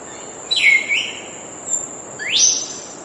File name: canto do papagaio cinzento